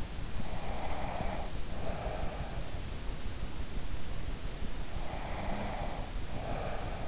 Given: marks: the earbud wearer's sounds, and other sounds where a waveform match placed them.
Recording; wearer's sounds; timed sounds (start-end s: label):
sounds in sleep by an in-ear microphone; breath
0.65-2.61 s: breath
5.09-7.08 s: breath